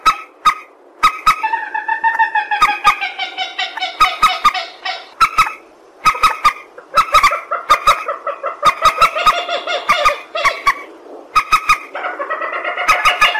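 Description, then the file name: Purple swamphen producing strings of harsh, harmonic cackles in separate bouts, with many sharp ticking clicks throughout. "tieng trich re keu"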